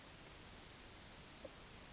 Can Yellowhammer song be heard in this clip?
no